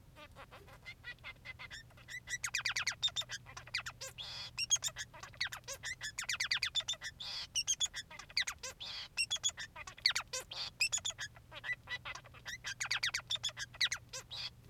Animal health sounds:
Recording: song of a male Bengalese finch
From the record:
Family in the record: son of father 3

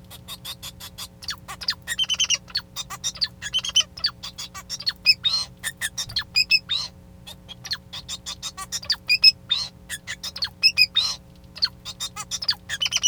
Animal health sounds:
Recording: song of a male Bengalese finch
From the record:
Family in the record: son of father 2

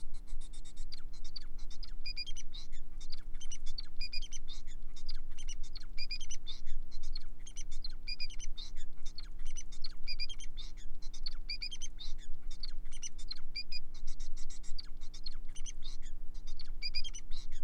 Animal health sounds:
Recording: song of a male Bengalese finch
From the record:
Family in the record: son of father 4

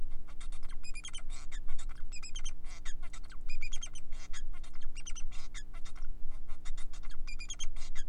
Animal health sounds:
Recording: song of a male Bengalese finch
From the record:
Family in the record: son of father 4

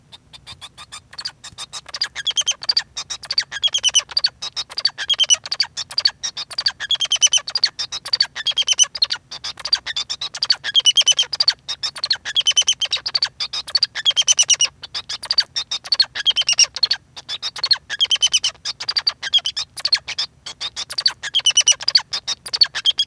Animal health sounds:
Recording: song of a male Bengalese finch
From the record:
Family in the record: son of father 2

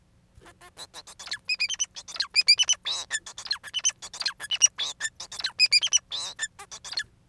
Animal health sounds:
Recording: song of a male Bengalese finch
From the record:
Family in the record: son of father 4

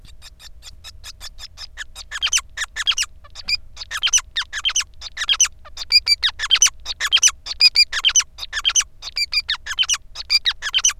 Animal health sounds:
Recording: song of a male Bengalese finch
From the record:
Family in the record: son of father 5

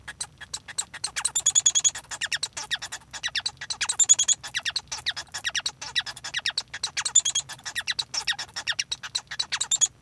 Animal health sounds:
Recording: song of a male Bengalese finch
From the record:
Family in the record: son of father 1

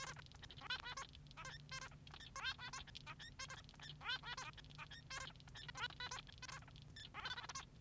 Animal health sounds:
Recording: song of a male Bengalese finch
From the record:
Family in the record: son of father 3

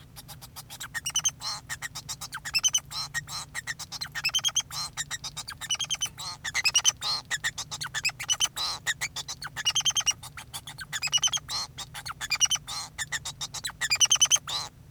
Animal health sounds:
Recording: song of a male Bengalese finch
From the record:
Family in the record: son of father 2

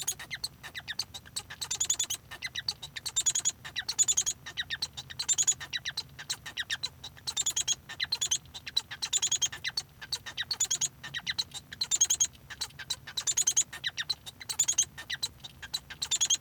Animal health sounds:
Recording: song of a male Bengalese finch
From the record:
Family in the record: son of father 1

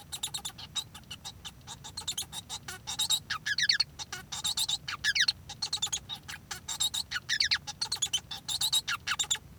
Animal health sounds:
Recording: song of a male Bengalese finch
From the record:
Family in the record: son of father 1

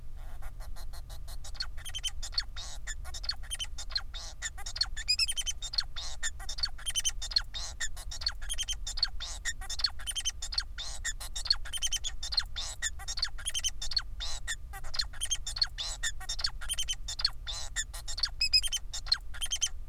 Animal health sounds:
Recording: song of a male Bengalese finch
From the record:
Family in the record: son of father 4

